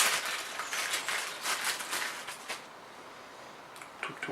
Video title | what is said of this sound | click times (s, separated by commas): unboxing taiwangun | ça se clipse dessus la | 4.0 s, 4.2 s